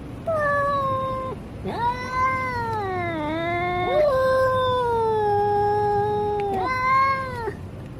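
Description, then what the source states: Domestic cat yowling with long, warbling cries that dip and rise in pitch, several in a row with short breaks. Male cat (tomcat).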